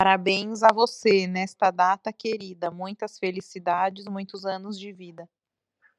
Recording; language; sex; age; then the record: short text; Brazilian Portuguese; female; 30 to 39 years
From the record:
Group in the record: control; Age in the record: 32 years